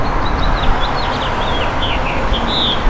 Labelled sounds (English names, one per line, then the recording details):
House Finch song
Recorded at Bay Shore on Long Island, New York, on 29 May 2013
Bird D